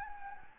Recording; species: mosquito wingbeat signal from an infrared sensor; Anopheles gambiae